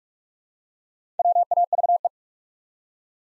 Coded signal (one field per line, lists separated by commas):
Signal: Morse code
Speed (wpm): 44 wpm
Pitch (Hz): 700 Hz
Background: none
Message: WAVE